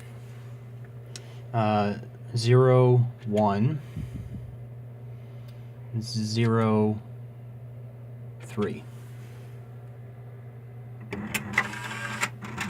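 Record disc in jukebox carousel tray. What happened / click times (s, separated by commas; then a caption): The disc is being handled and has not yet locked into its tray / none. A record disc is handled in the carousel tray of a 1993 NSM Firebird 2 jukebox after its worn belt has been replaced, as the mechanism gets ready to lower the selected record into the tray. Someone talks over a steady low hum, and a few short sharp sounds come near the end. The clip ends before the disc goes home, so it has not yet clicked and locked in place.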